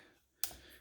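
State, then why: Seated. A mode adjustment selector on a Triton geared eccentric orbital sander is turned by hand and clicks into a detent at 0.4 s. The click is a single sharp, bright tick that rises well above the faint background and then fades, leaving the selector locked in position.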